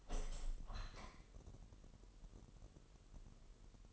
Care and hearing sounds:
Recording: daily activity, microphone in the room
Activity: open window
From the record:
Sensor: 4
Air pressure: 1000.8 hPa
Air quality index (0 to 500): 243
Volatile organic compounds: 41 ppm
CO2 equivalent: 3160 ppm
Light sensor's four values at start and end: 9/20/8/7 and 9/20/8/8

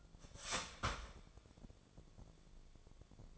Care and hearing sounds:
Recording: daily activity, microphone in the room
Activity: start toaster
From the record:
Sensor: 5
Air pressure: 1000.3 hPa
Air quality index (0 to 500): 123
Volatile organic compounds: 2 ppm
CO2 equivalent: 977 ppm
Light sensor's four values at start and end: 86/201/86/93 and 85/200/86/93

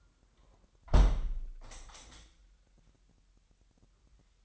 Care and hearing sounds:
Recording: daily activity, microphone in the room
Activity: close window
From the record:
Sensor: 3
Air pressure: 997.9 hPa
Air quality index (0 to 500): 135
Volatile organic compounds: 4 ppm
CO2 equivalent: 1604 ppm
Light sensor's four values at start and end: 14/42/17/15 and 14/42/17/16

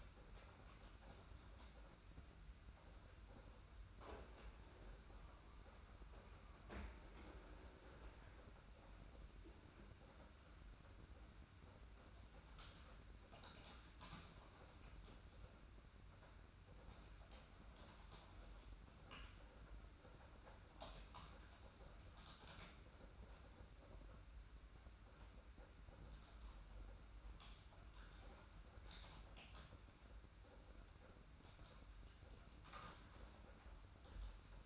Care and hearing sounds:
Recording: daily activity, microphone in the room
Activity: typing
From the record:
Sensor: 2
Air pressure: 991.6 hPa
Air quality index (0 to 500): 193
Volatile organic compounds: 1000 ppm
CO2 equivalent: 6348 ppm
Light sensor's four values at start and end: 27/85/33/31 and 27/85/33/31

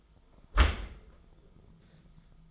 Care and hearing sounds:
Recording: daily activity, microphone in the room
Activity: close dishwasher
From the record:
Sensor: 5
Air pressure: 1004.7 hPa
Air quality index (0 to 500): 93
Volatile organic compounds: 2 ppm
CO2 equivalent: 1124 ppm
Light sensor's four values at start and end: 33/76/31/30 and 33/75/31/30

